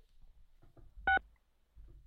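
A single short telephone keypad tone, a steady two-pitch beep lasting a fraction of a second, as digits of a date of birth are entered into an automated phone system, over faint low rumble and soft handling noises; no one speaks.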